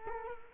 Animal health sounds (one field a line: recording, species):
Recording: mosquito wingbeat signal from an infrared sensor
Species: Culex quinquefasciatus